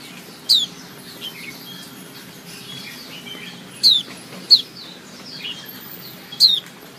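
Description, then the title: White-eye producing brief, high-pitched descending chirps spaced a few seconds apart, two coming close together, over low hiss and clicks. Female white-eye; its chirping is played as therapy to get silent white-eyes to sing. "Suara Kicau Pleci Betina Terapi Pleci Mbisu"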